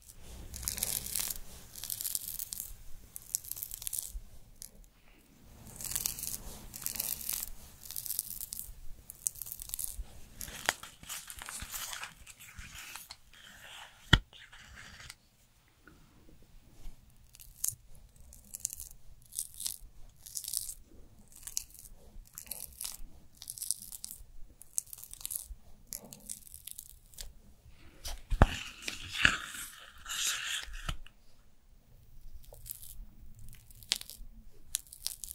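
A skincare routine is under way, with bursts of bright, hissy rustling and crinkling, like packaging being handled or torn, coming in clusters through the first half. After a brief hush near fifteen seconds, softer irregular taps and rustles continue over a faint low hum.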